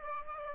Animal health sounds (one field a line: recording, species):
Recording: mosquito wingbeat signal from an infrared sensor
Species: Aedes aegypti